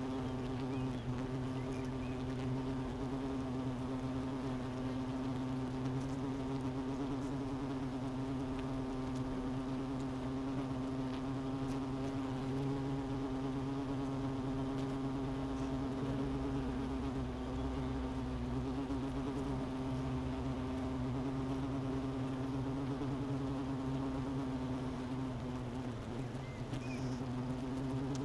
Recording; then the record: honeybee colony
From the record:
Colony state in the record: missing queen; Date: 31 May 2018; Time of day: 11:15